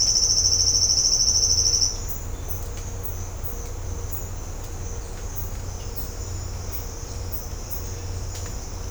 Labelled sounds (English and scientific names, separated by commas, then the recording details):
none
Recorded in secondary vegetation near Puerto Asís, Putumayo, Colombia, on 20 December 2024 at 06:30
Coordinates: 0.502, -76.326
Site G028